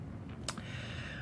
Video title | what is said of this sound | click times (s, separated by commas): HTC TyTN II présentation - windows Mobile m'a tué | qualité on le sent le sens quand on lance quand on la met ça s'enclenche parfaitement ya rien à dire alors | 0.5 s